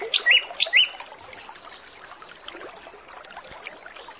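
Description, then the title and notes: Orange-headed Thrush song: two short bursts of loud whistled, slurred phrases in the first second, then a steady hiss of background noise. Lure recording used to make Orange-headed Thrushes sing quickly and openly; full 'isian' song with fill-in phrases. "Masteran Anis Kembang Full Isian Untuk Suara Pancingan Anis Kembang Agar Cepat Ngeplong. Suara Burung Anis Kembang"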